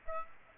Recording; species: mosquito wingbeat signal from an infrared sensor; Aedes aegypti